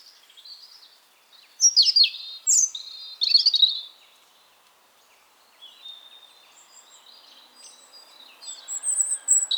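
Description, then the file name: European robin song: high, thin warbled phrases of quick trills and whistles, one burst early and another near the end, with a quiet pause between. "Erithacus rubecula"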